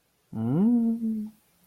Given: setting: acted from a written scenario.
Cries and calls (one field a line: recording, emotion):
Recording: vocal sound without words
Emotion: desire